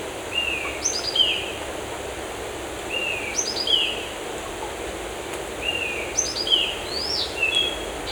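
Birds singing in forest: repeated phrases of a descending slurred whistle and a quick tumbling series of falling notes, with a rising note near the end, over constant noise.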